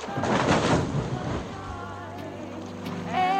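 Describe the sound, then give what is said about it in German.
A heavy Porsche car splashes into water with a loud, broad crash of spray, then settles into a lower churning, bubbling rumble as it gurgles and fills with water, with a steady hum underneath. “Der Porsche klatscht ins Wasser.”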